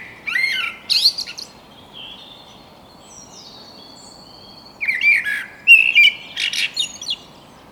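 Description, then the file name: Common blackbird song in two phrases a few seconds apart, each melodious low whistles rising into shrill twittering, with faint high notes from another bird in between. "Turdus merula"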